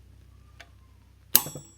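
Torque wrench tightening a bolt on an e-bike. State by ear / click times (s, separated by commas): torque reached / 1.4 s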